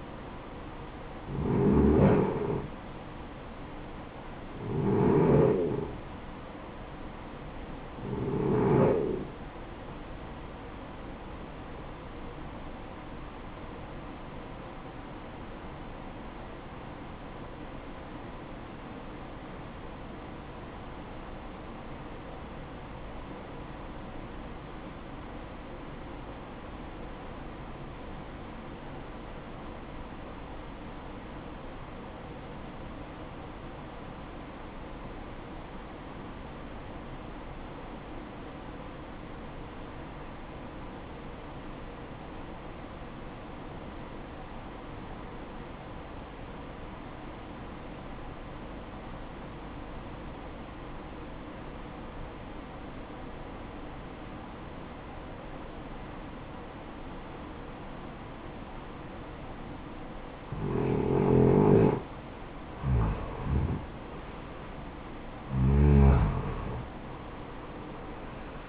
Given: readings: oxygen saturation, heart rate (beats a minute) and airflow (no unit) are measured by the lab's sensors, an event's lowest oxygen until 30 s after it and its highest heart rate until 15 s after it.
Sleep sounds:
breathing in sleep by a voice recorder at the bedside; 1
16.00-62.10 s: obstructive apnea (REM, oxygen 95% highest, then 79% lowest, heart rate 58 at the start, 72 highest)
From the record:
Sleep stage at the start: REM sleep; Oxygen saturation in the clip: 81 to 95%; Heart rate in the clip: 49 to 70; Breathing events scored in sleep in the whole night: 573 in 9.8 hours asleep

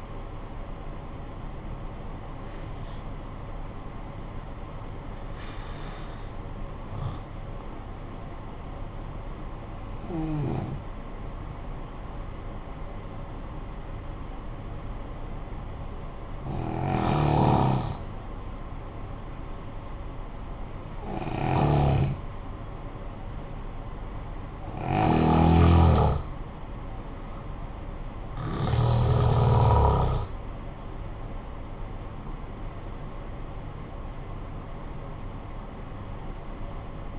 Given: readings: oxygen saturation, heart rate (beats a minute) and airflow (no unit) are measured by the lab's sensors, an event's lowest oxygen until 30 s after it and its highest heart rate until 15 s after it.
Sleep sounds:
breathing in sleep by a smartphone at the bedside; 1
7.00-27.20 s: hypopnea (N1, oxygen 94% highest, then 88% lowest, heart rate 51 at the start, 70 highest)
From the record:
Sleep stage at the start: N1 (lightest sleep); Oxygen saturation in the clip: 87 to 94%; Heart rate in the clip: 48 to 70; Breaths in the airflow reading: 8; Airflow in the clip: -12.0 to 13.0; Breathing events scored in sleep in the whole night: 445 in 7.6 hours asleep

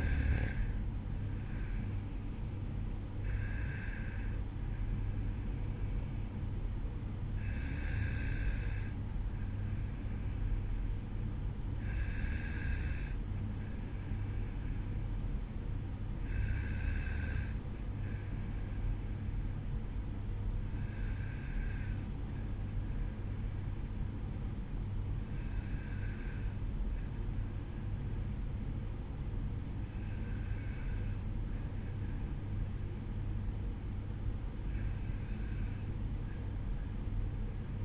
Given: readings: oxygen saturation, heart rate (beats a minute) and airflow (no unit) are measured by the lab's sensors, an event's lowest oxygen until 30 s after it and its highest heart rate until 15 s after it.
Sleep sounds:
breathing in sleep by a smartphone at the bedside; none
14.00-37.85 s: new sleep stage, N2 (light sleep)
From the record:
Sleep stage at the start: N1 (lightest sleep); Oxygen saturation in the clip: 91 to 94%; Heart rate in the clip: 52 to 59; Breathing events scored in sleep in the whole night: 305 in 9.6 hours asleep

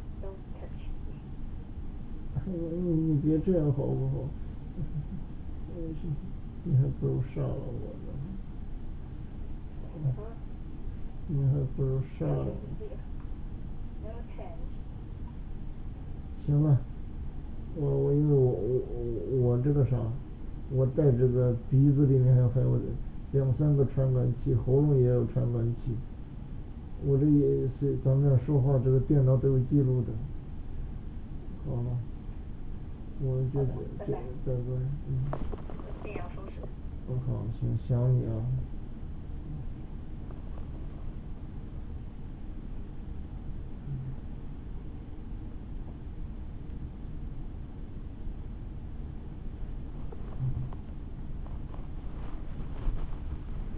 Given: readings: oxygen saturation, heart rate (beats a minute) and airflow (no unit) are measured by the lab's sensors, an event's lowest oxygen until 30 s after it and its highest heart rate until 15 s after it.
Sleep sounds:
a person awake in a sleep study, by a smartphone at the bedside; none
0.00-53.78 s: awake
From the record:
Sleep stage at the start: awake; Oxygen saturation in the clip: 94 to 95%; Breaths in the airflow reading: 15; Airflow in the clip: -5.9 to 5.7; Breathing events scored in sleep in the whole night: 216 in 7.0 hours asleep

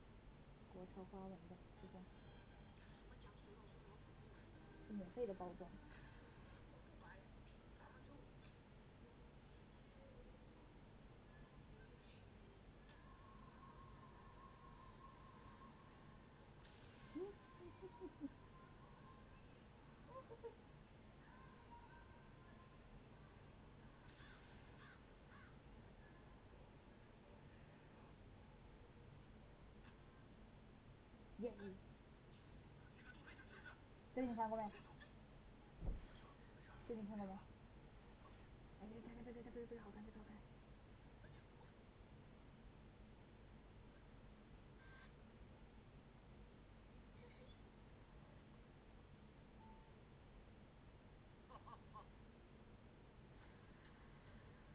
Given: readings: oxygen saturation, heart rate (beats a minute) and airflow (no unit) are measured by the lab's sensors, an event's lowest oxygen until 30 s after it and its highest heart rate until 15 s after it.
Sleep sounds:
a person awake in a sleep study, by a voice recorder at the bedside; none
0.00-54.75 s: awake
0.00-54.75 s: awake
From the record:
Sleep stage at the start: awake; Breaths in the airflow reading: 21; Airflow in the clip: -0.8 to 0.6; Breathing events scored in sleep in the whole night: 496 in 5.4 hours asleep

